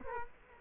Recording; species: mosquito wingbeat signal from an infrared sensor; Culex quinquefasciatus